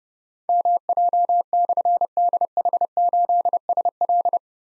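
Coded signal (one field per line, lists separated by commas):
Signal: Morse code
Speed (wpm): 30 wpm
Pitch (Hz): 700 Hz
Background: none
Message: MJ/DH8SL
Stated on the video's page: Difficult call signs containing slashes sent at 30 wpm for copy practice, each sent twice around a spoken version.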